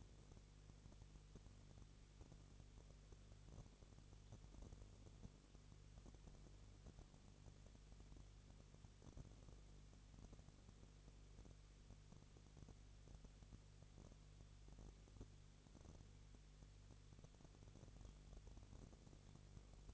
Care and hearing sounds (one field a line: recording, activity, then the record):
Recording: daily activity, microphone in the room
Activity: no activity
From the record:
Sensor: 4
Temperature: 22.3 degrees Celsius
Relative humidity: 32.8%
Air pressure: 1002.0 hPa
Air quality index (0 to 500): 185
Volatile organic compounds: 4 ppm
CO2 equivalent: 1634 ppm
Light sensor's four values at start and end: 2/3/1/1 and 2/3/1/1